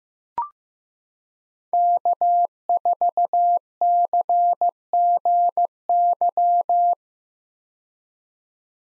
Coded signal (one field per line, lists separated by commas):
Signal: Morse code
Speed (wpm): 15 wpm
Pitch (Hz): 700 Hz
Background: none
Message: K4CGY